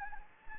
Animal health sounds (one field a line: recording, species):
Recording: mosquito wingbeat signal from an infrared sensor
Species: Anopheles gambiae